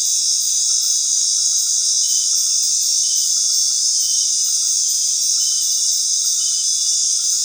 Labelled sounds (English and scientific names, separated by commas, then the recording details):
none
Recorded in dense forest near Puerto Asís, Putumayo, Colombia, on 20 February 2024 at 19:00
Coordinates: 0.499, -76.324
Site G6469